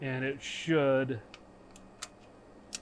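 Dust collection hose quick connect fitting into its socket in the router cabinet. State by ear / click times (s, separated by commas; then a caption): seated / 2.0 s, 2.8 s. Someone talks, then the plastic, left-hand-threaded quick-connect fitting on a dust collection hose is pushed into its mating socket inside a router cabinet. After a faint tick, sharp clicks sound at 2.0 s and 2.8 s as the fitting snaps into place and seats.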